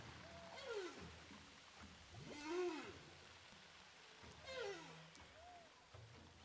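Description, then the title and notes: Humpback whale song: arching moans that rise then fall, a few seconds apart, with short descending notes and underwater hiss. Humpback whales recorded with a DPA hydrophone offshore from Saint-Paul, Réunion Island. "Whales sound by hydrophophone DPA saint paul, ile de la reunion. Baleines à bosse enregistrées à l'hydrophone DPA au large de saint Paul de la réunion"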